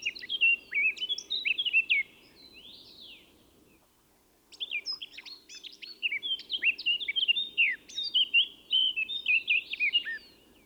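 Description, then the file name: Eurasian blackcap song in two bursts of rich, hurried warbling with fluty whistled slurs, split by a short quiet pause, over faint low hum. "Sylvia atricapilla"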